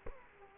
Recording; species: mosquito wingbeat signal from an infrared sensor; Culex quinquefasciatus